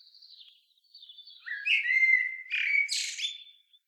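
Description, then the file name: Common blackbird singing one phrase: a faint high thin note, then rich low fluty whistles rising into a loud, scratchy high-pitched flourish. "Turdus merula"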